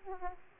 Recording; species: mosquito wingbeat signal from an infrared sensor; Aedes aegypti